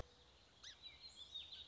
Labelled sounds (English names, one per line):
Song Sparrow